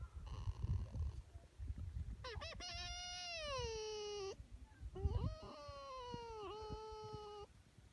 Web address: 2 Foxes Making Funny and Cute Noises